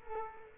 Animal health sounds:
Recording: mosquito wingbeat signal from an infrared sensor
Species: Culex quinquefasciatus

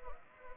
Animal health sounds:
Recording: mosquito wingbeat signal from an infrared sensor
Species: Anopheles arabiensis

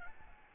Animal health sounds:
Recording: mosquito wingbeat signal from an infrared sensor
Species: Aedes albopictus

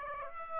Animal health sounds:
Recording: mosquito wingbeat signal from an infrared sensor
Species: Aedes aegypti

